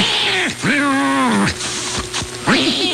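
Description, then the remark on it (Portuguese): An irritated cat lets out drawn-out, harmonic meows that bend downward in pitch, one long yowl followed by a shorter one, loud over a steady background hiss. “O gato ficou irritado, mãe.”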